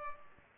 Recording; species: mosquito wingbeat signal from an infrared sensor; Culex pipiens